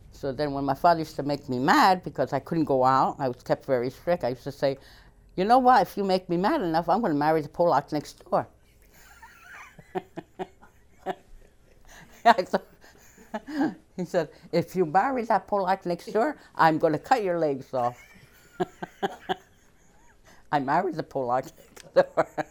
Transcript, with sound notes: So then when my father used to make me mad because I couldn't go out, I was kept very strict, I used to say, "You know what? If you make me mad enough, I'm going to marry the Pollack next door." ( she laughs ) He said, "If you marry that Pollack next door, I'm going to cut your legs off." I married the Pollack next door.